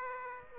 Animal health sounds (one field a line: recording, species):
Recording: mosquito wingbeat signal from an infrared sensor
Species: Aedes aegypti